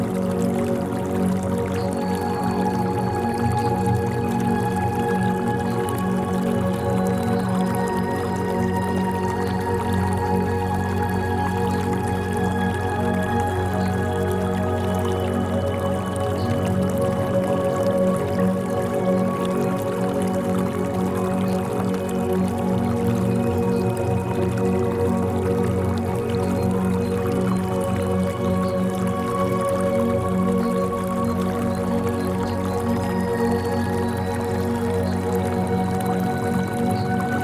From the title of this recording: Running Waters of Peace